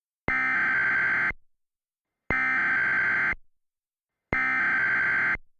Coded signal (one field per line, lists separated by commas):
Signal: Emergency Alert System (SAME) tones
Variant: header bursts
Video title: Local Area Emergency - EAS Mock